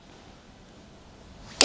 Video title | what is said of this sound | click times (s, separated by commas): How to Use the Torque Wrench Tool | When we hear the click, that's complete. | 1.6 s